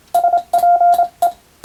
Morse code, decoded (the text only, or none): SPE